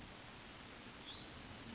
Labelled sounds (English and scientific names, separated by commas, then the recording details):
Hutton's Vireo (Vireo huttoni)
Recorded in Sonoma County, California